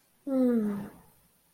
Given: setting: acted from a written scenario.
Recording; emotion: vocal sound without words; desire